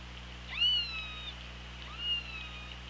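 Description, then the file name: Killer whale calls: two short harmonic calls about a second and a half apart, over steady low underwater hum. OrcaLab hydrophone, 24 August 2017, 18:03. "Orca Lab UTLN JASON 20170824 180336"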